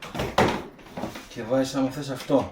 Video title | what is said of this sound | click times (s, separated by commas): Unboxing & Review: Ηλεκτρική Σκούπα Μπαταρίας Lidl (SILVERCREST) | και σε κουμπώνει | 0.4 s